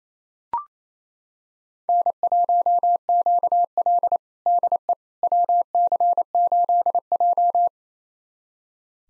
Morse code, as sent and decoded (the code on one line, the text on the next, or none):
-. .---- --.- .-.. / -.. . / .-- -.-. ---.. .---
N1QL DE WC8J